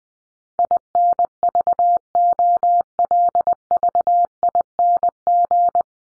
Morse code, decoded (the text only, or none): INVOLVING